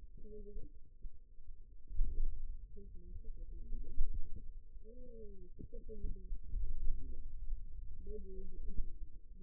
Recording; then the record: forearm muscle sounds (acoustic myography)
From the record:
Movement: pen grasping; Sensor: system 2, bracelet of six BSWA MPA416 microphones around the upper forearm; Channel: 3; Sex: female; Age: 21 years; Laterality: right